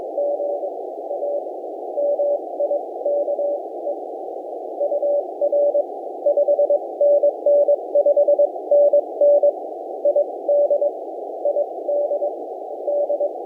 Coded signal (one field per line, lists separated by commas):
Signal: Morse code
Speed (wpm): 18 wpm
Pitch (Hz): 560 Hz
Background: none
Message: GA MIKE UR 5NN 5NN ID ID D